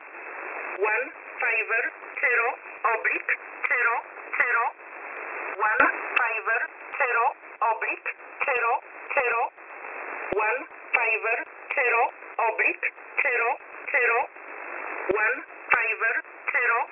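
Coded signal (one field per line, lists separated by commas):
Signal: numbers station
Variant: E11 Oblique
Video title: E11 Oblique 25/10/2022 0845 UTC 13908kHz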